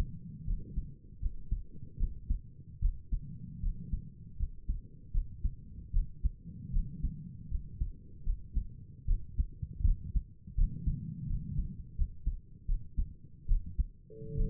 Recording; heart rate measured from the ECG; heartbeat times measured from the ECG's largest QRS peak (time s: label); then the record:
heart sounds by stethoscope; 78 bpm
0.46 s: heartbeat
1.21 s: heartbeat
1.99 s: heartbeat
2.81 s: heartbeat
3.62 s: heartbeat
4.38 s: heartbeat
5.13 s: heartbeat
5.93 s: heartbeat
6.72 s: heartbeat
7.50 s: heartbeat
8.25 s: heartbeat
9.07 s: heartbeat
9.84 s: heartbeat
10.56 s: heartbeat
11.28 s: heartbeat
11.97 s: heartbeat
12.67 s: heartbeat
13.48 s: heartbeat
14.36 s: heartbeat
From the record:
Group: healthy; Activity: rest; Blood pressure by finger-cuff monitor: 89/60 mmHg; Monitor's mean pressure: 68 mmHg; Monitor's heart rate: 78 bpm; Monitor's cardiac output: 5.9 L/min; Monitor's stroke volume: 76 mL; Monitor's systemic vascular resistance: 800 dyn s/cm5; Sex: female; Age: 22 years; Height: 163 cm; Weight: 67.1 kg